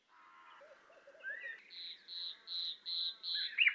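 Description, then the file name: Common nightingale song: soft low gurgles, then a series of clear, piping whistles repeated evenly, closing with a sharp flourish. "Luscinia megarhynchos"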